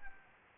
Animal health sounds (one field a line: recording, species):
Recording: mosquito wingbeat signal from an infrared sensor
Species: Anopheles arabiensis